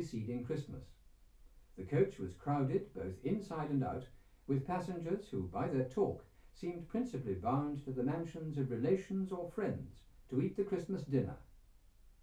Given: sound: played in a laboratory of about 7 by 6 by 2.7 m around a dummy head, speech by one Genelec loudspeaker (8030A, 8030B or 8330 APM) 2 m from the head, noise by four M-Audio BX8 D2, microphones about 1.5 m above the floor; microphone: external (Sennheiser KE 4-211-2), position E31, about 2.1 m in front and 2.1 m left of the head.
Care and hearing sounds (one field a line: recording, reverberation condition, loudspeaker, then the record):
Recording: male speech in English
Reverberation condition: low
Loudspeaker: in front (0 degrees)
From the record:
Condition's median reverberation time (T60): about 310 ms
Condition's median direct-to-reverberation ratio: about 3.5 dB